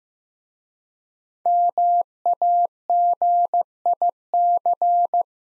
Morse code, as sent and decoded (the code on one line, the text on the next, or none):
-- .- --. .. -.-.
MAGIC